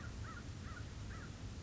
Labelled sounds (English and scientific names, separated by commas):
American Crow (Corvus brachyrhynchos)